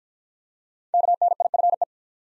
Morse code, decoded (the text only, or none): KNIFE